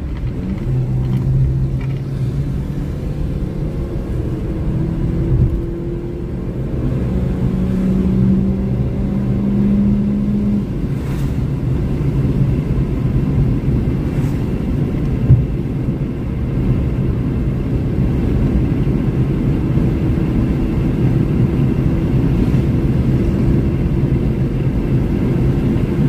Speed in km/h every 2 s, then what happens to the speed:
66, 76, 86, 95, 100, 107, 111, 114, 119, 123, 127, 129, 134.
0-24 speeds up to 134.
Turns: none.